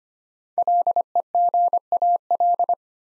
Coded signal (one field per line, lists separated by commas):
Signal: Morse code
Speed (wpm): 25 wpm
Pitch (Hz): 700 Hz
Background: none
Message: LEGAL